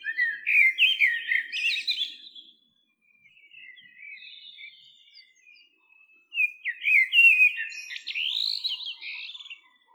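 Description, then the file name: Common blackbird singing two rich warbled phrases, the first at the start and the second after a quiet pause of several seconds, with soft twittering between them. "Turdus merula"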